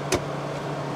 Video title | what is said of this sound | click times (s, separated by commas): What is it like to get a Rivian R1T Delivered to your house? What does the Rivian Delivery cover? | Pops right in. | 0.1 s